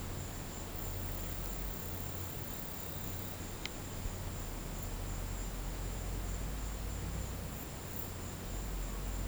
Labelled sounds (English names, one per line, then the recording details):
none
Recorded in pastures near Puerto Asís, Putumayo, Colombia, on 19 March 2025 at 15:00
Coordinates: 0.472, -76.329
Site G074